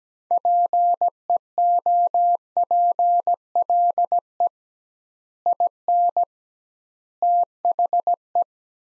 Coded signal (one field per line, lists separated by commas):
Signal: Morse code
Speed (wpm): 17 wpm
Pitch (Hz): 700 Hz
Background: none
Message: PEOPLE IN THE